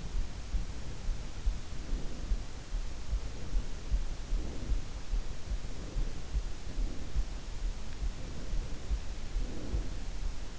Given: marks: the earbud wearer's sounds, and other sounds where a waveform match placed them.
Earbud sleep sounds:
sounds in sleep by an in-ear microphone; breath
1.15-2.73 s: breath
3.51-5.19 s: breath
5.59-7.36 s: breath
8.11-10.59 s: breath

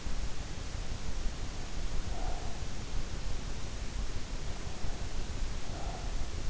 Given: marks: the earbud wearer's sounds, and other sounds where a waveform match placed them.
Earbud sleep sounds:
sounds in sleep by an in-ear microphone; breath
1.92-2.89 s: breath
5.53-6.40 s: breath

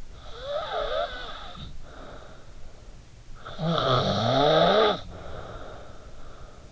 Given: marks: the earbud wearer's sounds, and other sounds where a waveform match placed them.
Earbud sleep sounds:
sounds in sleep by an in-ear microphone; snoring breath
0.04-2.58 s: snoring breath
3.30-6.72 s: snoring breath

